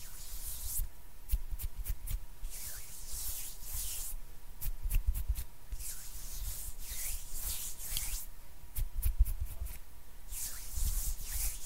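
Intense hand sounds: rough rubbing and brushing swells in repeated bright hissy strokes, dotted with sharp clicks and taps, plus a faint steady tone.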